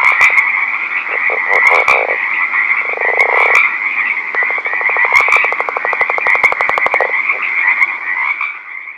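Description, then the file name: Northern leopard frog chorus, with croaking and rapid pulsed rattling calls over a steady high trill throughout. Recorded at night. "rpipiens 409 night"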